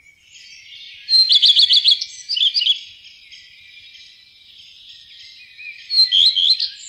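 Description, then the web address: Common redstart song: two phrases, each opening with a high note and a fast run of repeated clear notes, the first ending in a brief jumbled twitter. "fuglelyder- roedstjert"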